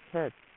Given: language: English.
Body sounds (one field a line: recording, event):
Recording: throat vibration sensor signal played as sound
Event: speech